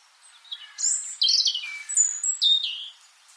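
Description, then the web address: European robin song, a short varied phrase of high thin whistles sliding down in pitch, with brief pauses between bright notes. "SETE Erithacus rubecula"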